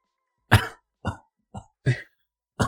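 Five short, harsh coughs from an adult man, separated by brief pauses, in a small quiet room.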